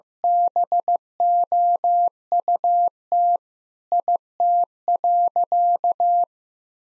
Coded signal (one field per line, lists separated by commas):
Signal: Morse code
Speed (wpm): 14 wpm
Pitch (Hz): 700 Hz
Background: none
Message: BOUT IT.